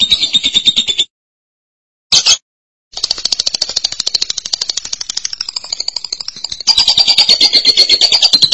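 Lovebird chattering: a short shrill burst, a pause, a brief squeak, then a long harsh trill growing louder with fast repeated high pulses.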